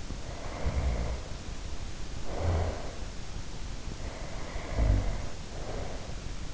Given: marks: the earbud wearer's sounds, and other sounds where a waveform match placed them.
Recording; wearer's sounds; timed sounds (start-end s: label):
sounds in sleep by an in-ear microphone; snoring breath
0.28-1.38 s: snoring breath
2.13-2.91 s: snoring breath
3.85-6.19 s: snoring breath